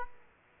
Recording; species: mosquito wingbeat signal from an infrared sensor; Aedes aegypti